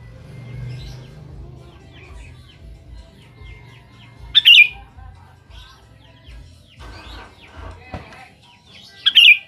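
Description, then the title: Sooty-headed bulbul delivering two brief liquid phrases, near the middle and end, amid faint chirps from other birds and a sharp click. "Kutilang"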